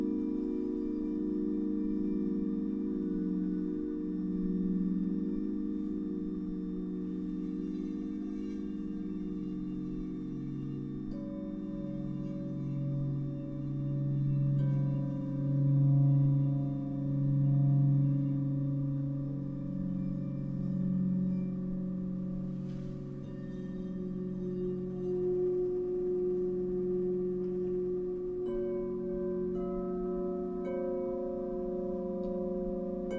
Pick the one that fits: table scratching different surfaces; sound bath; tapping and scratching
sound bath